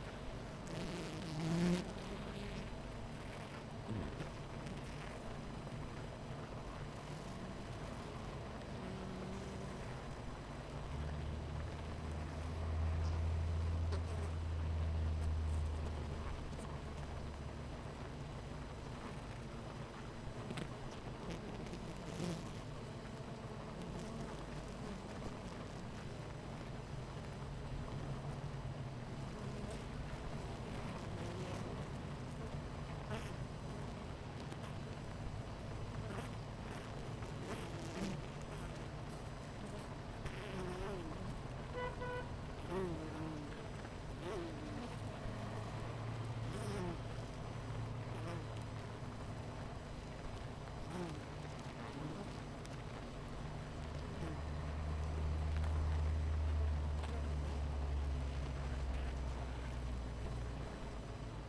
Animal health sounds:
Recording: honeybee colony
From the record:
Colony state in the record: missing queen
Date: 14 July 2017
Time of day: 9:21

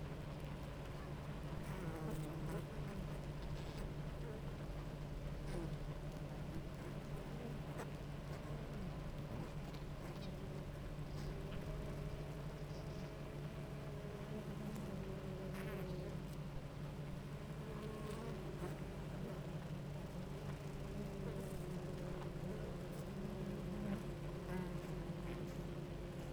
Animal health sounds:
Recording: honeybee colony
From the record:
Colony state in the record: active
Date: 28 July 2017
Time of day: 10:06

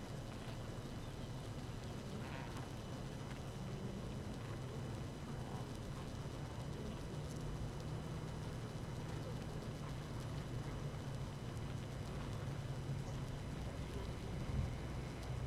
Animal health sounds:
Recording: honeybee colony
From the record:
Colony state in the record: active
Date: 12 June 2018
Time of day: 5:57

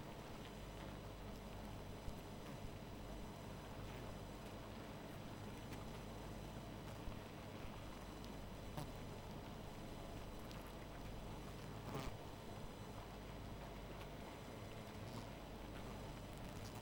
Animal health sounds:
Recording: honeybee colony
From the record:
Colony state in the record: missing queen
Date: 14 July 2017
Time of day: 0:39

